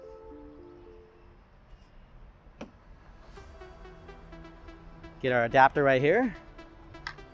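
A CCS1-to-Tesla charging adapter is being handled and fitted onto the heavy DC fast-charger cable connector, with background music and someone talking. Brief handling knocks are heard, including a sharp tap near 2.6 s and another at 7.1 s. Nothing has seated or clicked in yet.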